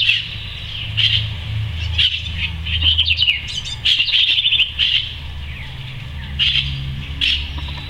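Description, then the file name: House wren song fragments: short bursts of chattering trills, some louder than others, over a steady low rumble. Song of the house wren, named locally as cucarachero. "Canto del Cucarachero (Troglodytes aedon )"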